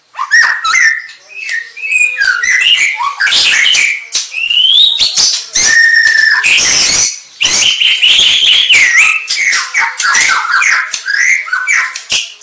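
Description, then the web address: White-rumped shama song, energetic bursts of clear whistles, buzzy rasps and rippling trills, varied phrases tumbling one after another with brief pauses. Aceh variety of white-rumped shama. "murai-batu suara-murai-aceh"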